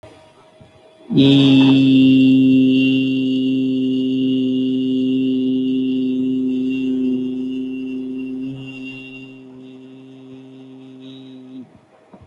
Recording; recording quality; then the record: sustained vowel as in beet; moderate, slight background noise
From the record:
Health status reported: healthy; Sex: male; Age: 27 years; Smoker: yes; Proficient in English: yes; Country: India